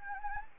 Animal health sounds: mosquito wingbeat signal from an infrared sensor; Anopheles gambiae

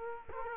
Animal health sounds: mosquito wingbeat signal from an infrared sensor; Culex quinquefasciatus

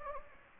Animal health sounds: mosquito wingbeat signal from an infrared sensor; Anopheles gambiae

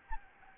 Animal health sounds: mosquito wingbeat signal from an infrared sensor; Anopheles gambiae

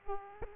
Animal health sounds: mosquito wingbeat signal from an infrared sensor; Aedes aegypti

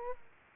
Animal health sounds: mosquito wingbeat signal from an infrared sensor; Aedes aegypti

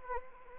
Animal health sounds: mosquito wingbeat signal from an infrared sensor; Anopheles arabiensis

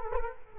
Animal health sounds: mosquito wingbeat signal from an infrared sensor; Culex quinquefasciatus

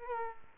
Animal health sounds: mosquito wingbeat signal from an infrared sensor; Aedes aegypti

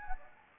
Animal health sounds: mosquito wingbeat signal from an infrared sensor; Anopheles gambiae

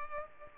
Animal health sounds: mosquito wingbeat signal from an infrared sensor; Culex pipiens

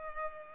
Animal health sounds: mosquito wingbeat signal from an infrared sensor; Culex pipiens

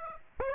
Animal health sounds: mosquito wingbeat signal from an infrared sensor; Aedes aegypti

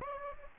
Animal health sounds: mosquito wingbeat signal from an infrared sensor; Aedes aegypti

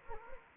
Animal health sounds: mosquito wingbeat signal from an infrared sensor; Anopheles gambiae

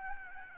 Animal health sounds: mosquito wingbeat signal from an infrared sensor; Aedes albopictus

